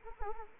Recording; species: mosquito wingbeat signal from an infrared sensor; Anopheles arabiensis